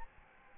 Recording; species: mosquito wingbeat signal from an infrared sensor; Aedes albopictus